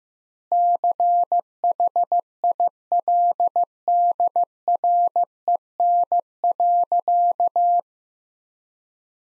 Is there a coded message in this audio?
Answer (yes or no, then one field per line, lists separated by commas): yes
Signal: Morse code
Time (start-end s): 0.5-7.8 s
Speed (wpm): 15 wpm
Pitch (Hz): 700 Hz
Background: none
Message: CHILDREN.